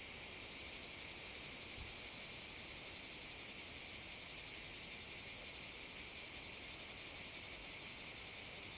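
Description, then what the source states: Cicada chorus starting quietly then swelling within the first second into a loud, steady, high-pitched pulsing buzz that carries on unbroken. Cicada field at Domaine de la Sablière, Saint-Privat-de-Champclos, France; recorded with a Zoom H6 using an M/S microphone.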